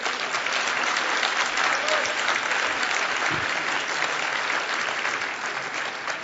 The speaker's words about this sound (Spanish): Ese aplauso no le ha gustado nada a Rajoy, estoy seguro.